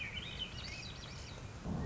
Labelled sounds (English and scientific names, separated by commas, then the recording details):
Swainson's Thrush (Catharus ustulatus)
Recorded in Sonoma County, California